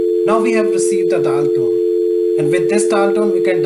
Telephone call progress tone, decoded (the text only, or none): dial tone